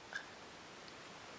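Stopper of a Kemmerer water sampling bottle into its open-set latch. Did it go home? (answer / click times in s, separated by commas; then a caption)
no / none. The stopper of a Kemmerer water sampling bottle is handled by hand as it is pulled toward its open-set latch. A short faint tick is heard near 0.2 s over a low, steady background. Nothing has latched or clicked into place yet.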